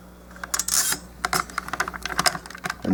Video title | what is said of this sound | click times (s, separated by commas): M.A.S.K. 1980s Piranaha with Slyrax | you hear it pretty much click okay you could feel it click it | 2.3 s